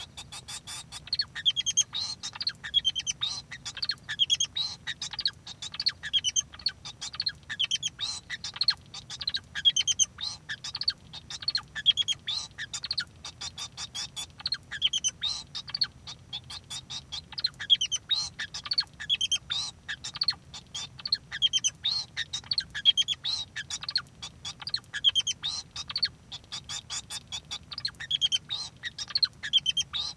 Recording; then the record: song of a male Bengalese finch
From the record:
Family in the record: son of father 2